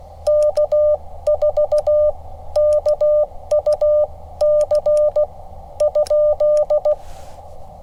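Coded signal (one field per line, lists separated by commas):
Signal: Morse code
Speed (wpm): 16 wpm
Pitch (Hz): 600 Hz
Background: none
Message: K4KUC?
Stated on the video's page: CW on a Parks on the Air activation at a state park in New Jersey.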